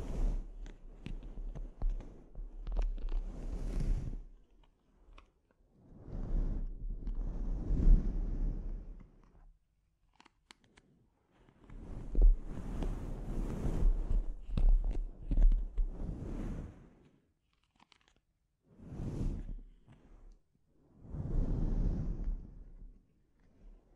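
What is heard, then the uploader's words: Scratching and rubbing of a scalp treatment comes in bursts lasting a few seconds, with brief quiet gaps between them around 5, 10, 17 and 20 seconds. The rustling is dense and crackly, with soft swishing strokes and a faint low rumble underneath. ASMR Sleep Inducing Scalp Treatment (No Talking).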